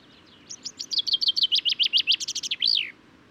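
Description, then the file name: Common chaffinch song: a fast run of bright, chipping notes ending in a loud downslurred flourish, about two and a half seconds long. Male singing, recorded at Důl Bílého Labe, Czech Republic, on 22 May 2018. "180522 BIO cchaffin-coelebs-1-M-S cz dul-bileho-labe"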